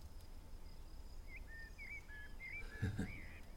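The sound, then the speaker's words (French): A bird gives a series of short, fluting whistled alarm notes that waver slightly in pitch, heard over a low rumbling background and a thin, steady insect-like whine, with a soft thump near the end. “Tu l'entends flûter ? Ça, c'est l'alarme. Danger.”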